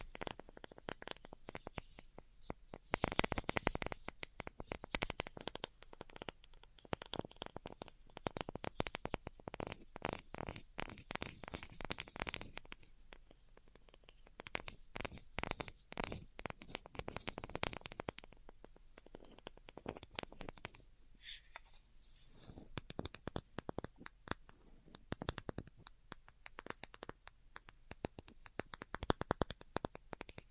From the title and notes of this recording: ASMR DELICATE Tapping for Sleep (No Talking).